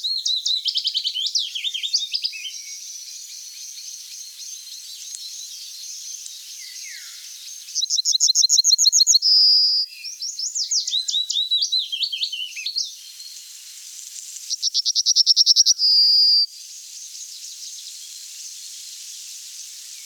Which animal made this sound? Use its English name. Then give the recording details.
Yellowhammer. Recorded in the wild. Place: Oberrotweil am Kaiserstuhl, Baden-Württemberg, DE. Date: 1992-05-06. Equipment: Dat-Recorder Casio DA 7, Telinga DAT, Telinga-Parabolspiegel. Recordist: Schwarz, Dieter